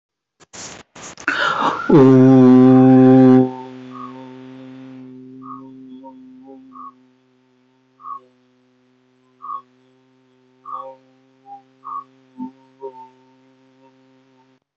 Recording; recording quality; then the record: sustained vowel as in boot; moderate, slight background noise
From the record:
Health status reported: healthy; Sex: male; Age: 27 years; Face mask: not worn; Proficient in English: yes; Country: India